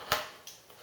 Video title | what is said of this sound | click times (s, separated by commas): Assembly Instructions for EVO Midi | might hear click | 0.1 s